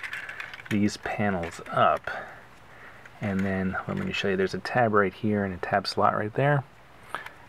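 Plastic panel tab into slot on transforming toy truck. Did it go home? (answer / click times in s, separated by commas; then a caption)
yes / 7.2 s. Someone talks while flipping up a plastic panel on a Hasbro Transformers Combiner Wars Motormaster transforming toy truck figure so its tab goes into a tab slot. A sharp click at 7.2 s marks the tab locking in place, and the panel is seated on both sides.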